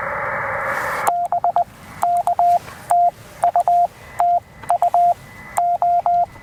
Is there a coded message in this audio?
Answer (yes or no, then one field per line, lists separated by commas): yes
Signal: Morse code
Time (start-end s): 1.1-6.2 s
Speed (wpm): 19 wpm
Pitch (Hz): 690 Hz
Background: radio noise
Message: BK TU TU O